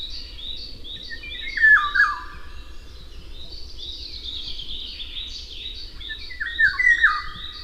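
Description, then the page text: Eurasian golden oriole singing two mellow, liquid whistled phrases about five seconds apart, each falling in pitch, over a steady backdrop of rapid high bird chirping. "Jarek Matusiak - Обыкновенная иволга (Oriolus oriolus)"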